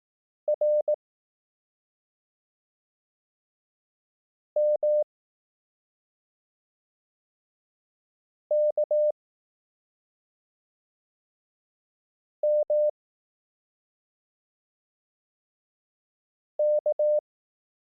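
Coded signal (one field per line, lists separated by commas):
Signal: Morse code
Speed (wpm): 18 wpm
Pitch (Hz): 600 Hz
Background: none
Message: R M K M K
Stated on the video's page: Morse code course, lessons 1–3, using the Koch method at 18 wpm.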